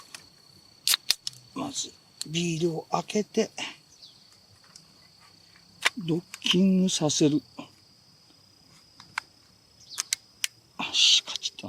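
A handheld beer foam server is docked onto the top of an opened beer can and pressed down until it latches. Someone talks while several short clicks and knocks are heard, and the server seats with a sharp click at 10.4 s.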